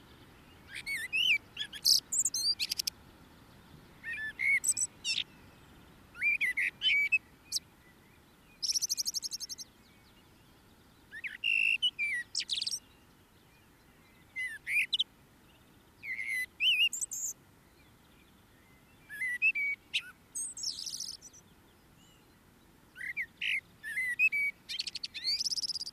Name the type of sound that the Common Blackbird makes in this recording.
song